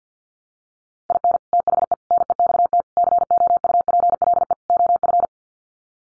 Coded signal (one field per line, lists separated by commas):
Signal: Morse code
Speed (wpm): 50 wpm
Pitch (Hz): 700 Hz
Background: none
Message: IN THE NEXT COUPLE OF